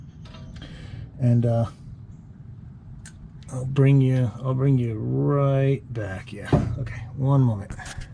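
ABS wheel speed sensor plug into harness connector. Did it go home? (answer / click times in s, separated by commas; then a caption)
no / none. A 2009 Hemi 1500 TRX4's ABS wheel speed sensor plug, its plastic electrical connector flushed of grit with WD-40, is handled before being pushed into its mating harness connector. Someone talks throughout, with a few short faint ticks near 0.3, 0.6 and 3.1 seconds. Nothing has seated or clicked yet.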